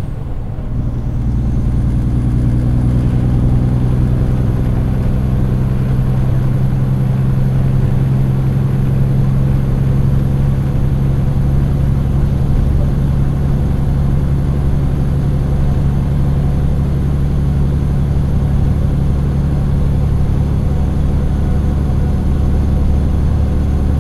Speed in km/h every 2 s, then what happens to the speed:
77, 80, 82, 84, 86, 88, 89, 90, 90, 90, 91, 92.
0-11 speeds up to 89. 11-24 steady at about 90.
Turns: none.